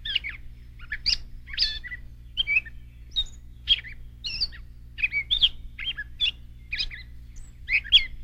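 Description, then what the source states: Gray Catbird singing a long, varied run of squeaky notes in rapid bursts with short gaps, over a faint low hum. Normal song, made of squeaky sounds that are attempts to mimic other birds.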